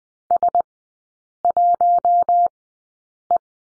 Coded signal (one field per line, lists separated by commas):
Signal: Morse code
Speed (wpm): 20 wpm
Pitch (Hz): 700 Hz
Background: none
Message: S 1 E